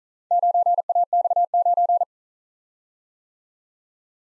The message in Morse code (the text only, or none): 9AX9